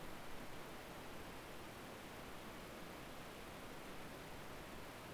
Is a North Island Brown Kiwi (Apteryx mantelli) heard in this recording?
no